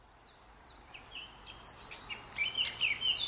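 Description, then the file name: Eurasian blackcap with a faint warble followed by a short burst of loud, clear fluting whistles at the end, against a constant low hiss. "Sylvia atricapilla"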